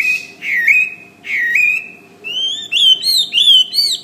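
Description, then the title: Bird song of drawn-out whistles, some starting with a dip, then a few rising, ringing notes repeated. "SuaraBurung Kicau"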